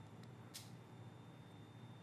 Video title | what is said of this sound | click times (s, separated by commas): G.I.Sportz® LVL Loader I Assembly & Maintenance | kind of hear that click you just want to make sure that they're fully snapped into place | 0.2 s, 0.6 s